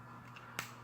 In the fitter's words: that is locked into place so now you have the back end of paddles all done